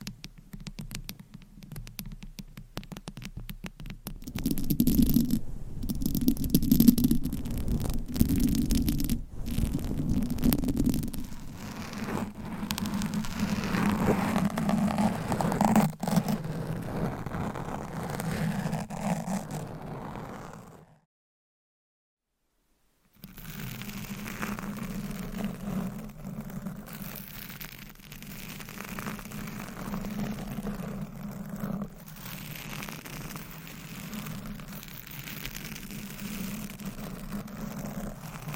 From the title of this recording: Scratching , Tapping & Massage